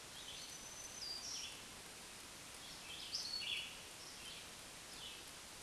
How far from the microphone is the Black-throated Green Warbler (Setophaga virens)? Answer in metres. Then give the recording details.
about 30 m. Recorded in a Pennsylvania forest on 1 June 2023 at 07:43. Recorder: AudioMoth, point grid3_31_high. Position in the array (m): 162 m, 132 m